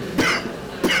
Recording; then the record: coughing mixed with background sound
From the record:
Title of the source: Coughing 60